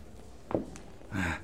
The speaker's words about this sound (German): Du läufst anders. Geh mal. Geh ein paar Schritte.